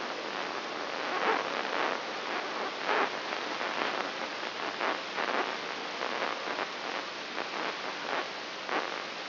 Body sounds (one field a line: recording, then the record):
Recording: brain microelectrode recording played as sound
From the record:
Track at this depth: outside the subthalamic nucleus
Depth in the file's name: 9.304 mm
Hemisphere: left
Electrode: 3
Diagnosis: Parkinson's disease